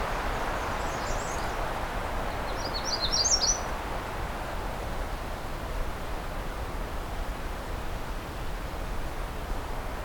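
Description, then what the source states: Magnolia Warbler singing two brief, rapid high phrases early on, then only a constant rushing background hiss. Recorded close up in the afternoon, when songs are less dense, heading north from a cottage community toward a nature reserve, through juniper flats with low jack pine and black spruce.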